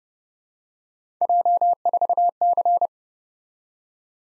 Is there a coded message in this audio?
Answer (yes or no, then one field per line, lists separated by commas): yes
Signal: Morse code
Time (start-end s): 1.2-2.9 s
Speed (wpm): 30 wpm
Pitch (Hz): 700 Hz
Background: none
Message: J4C